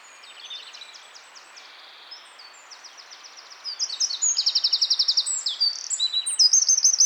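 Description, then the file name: Eurasian wren singing, faint high twitters at first, then from about three and a half seconds a loud, rapid, piercing rattle of trills and sharp notes. "Troglodytes troglodytes"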